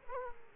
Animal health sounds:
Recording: mosquito wingbeat signal from an infrared sensor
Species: Aedes aegypti

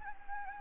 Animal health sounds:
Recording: mosquito wingbeat signal from an infrared sensor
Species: Anopheles gambiae

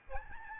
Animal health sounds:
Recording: mosquito wingbeat signal from an infrared sensor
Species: Aedes albopictus

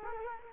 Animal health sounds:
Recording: mosquito wingbeat signal from an infrared sensor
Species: Culex quinquefasciatus

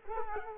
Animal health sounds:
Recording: mosquito wingbeat signal from an infrared sensor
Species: Culex quinquefasciatus

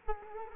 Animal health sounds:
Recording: mosquito wingbeat signal from an infrared sensor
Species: Culex quinquefasciatus

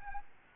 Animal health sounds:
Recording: mosquito wingbeat signal from an infrared sensor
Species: Aedes albopictus

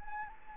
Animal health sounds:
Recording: mosquito wingbeat signal from an infrared sensor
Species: Anopheles gambiae

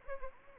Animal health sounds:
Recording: mosquito wingbeat signal from an infrared sensor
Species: Anopheles arabiensis

